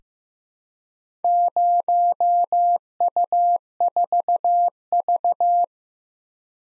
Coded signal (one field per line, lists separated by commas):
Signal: Morse code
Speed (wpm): 15 wpm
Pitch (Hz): 700 Hz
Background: none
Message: 0U4V